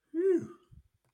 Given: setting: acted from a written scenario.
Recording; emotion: vocal sound without words; relief